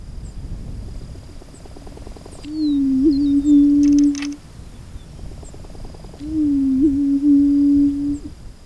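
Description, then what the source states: Attwater's prairie chicken booming: two long, low, hollow moaning notes of about two seconds each, preceded by soft rapid pulses, with faint high bird calls above. Made by males during courtship in spring; once heard all over southeast Texas, now found only at the Attwater Prairie Chicken National Refuge.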